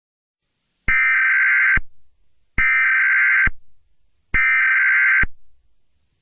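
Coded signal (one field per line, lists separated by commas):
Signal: Emergency Alert System (SAME) tones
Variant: header bursts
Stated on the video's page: Fictional Emergency Alert System scenario about a fire in Chicago, not a real alert.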